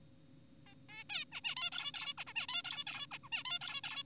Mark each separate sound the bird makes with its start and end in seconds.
0.67-0.74, 0.89-1.04, 1.10-1.25, 1.32-1.41, 1.44-1.55, 1.57-1.70, 1.72-1.92, 1.94-2.14, 2.18-2.24, 2.27-2.33, 2.36-2.46, 2.49-2.63, 2.64-2.84, 2.87-3.06, 3.12-3.18, 3.24-3.29, 3.32-3.44, 3.45-3.59, 3.61-3.81, 3.84-4.04